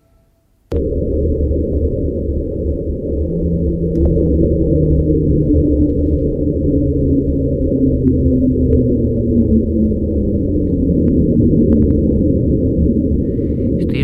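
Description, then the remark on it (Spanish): The Antarctic underwater 'Slow Down' hydrophone sound, recorded on 19 May 1997 and named for its descending frequency: a steady, dense low rumble carrying faint tones that glide slowly downward in pitch over about fourteen seconds, with no voices. “Le ponen este nombre, como podríamos traducir, reducir la velocidad, o porque hay un descenso en la frecuencia y entonces lo llaman así.”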